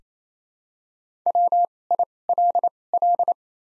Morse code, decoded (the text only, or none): W I L L